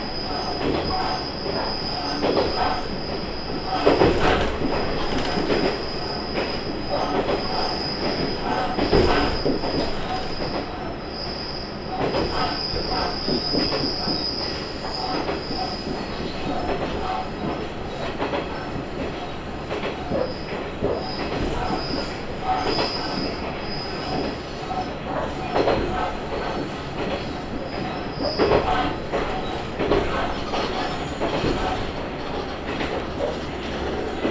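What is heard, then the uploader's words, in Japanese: A train on the Tenryu Hamanako Railway rolls steadily along, its wheels and body producing a dense, continuous rumble. A thin high squeal runs through most of the ride, and sharper clatters from the track break in around 4, 9 and 26 seconds. 天竜浜名湖鉄道 天竜二俣→森町病院前→遠江一宮。天竜二俣でかなり降りて空いた車内。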